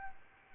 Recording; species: mosquito wingbeat signal from an infrared sensor; Aedes albopictus